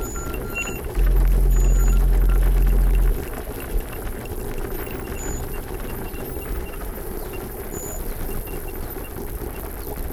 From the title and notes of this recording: Skiing – Chairlift Ride – Recorded on Lift – Wait for It; Get On; Ride, Ski Off.